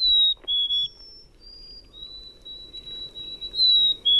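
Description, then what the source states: Chickadee whistles: pure, high sustained notes, some held steady and some slightly dropping, spaced irregularly over a few seconds against a quiet background. Played as an audio example on a radio show.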